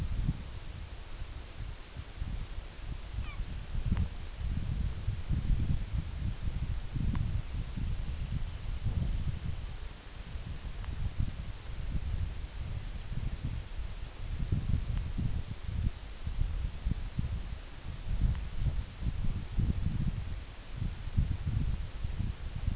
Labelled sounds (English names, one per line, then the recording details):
unidentified sound
Semipalmated Sandpiper
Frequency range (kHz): Semipalmated Sandpiper 1.0-4.3 kHz
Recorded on Arctic tundra, site UTQI-8, on 9 June 2019
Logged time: 18:00